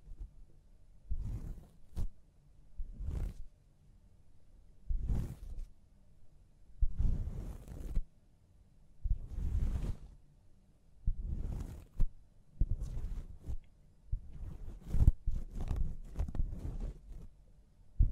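A scalp massage and hair wash, heard as repeated soft, low rubbing and scrunching strokes, each lasting about a second. The strokes come every second or two, some with brief crisp crackles on top, and they cluster more tightly toward the end.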